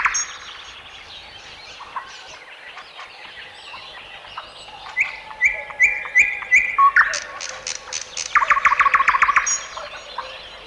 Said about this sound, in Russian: Прислушайтесь. Какой разноголосый гомон слышится в лесу. Все птицы поют, кричат и щебечут одновременно. Такой хор бывает только на рассвете. А когда солнце поднимется выше, многие птицы уже затихают.